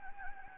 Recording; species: mosquito wingbeat signal from an infrared sensor; Anopheles gambiae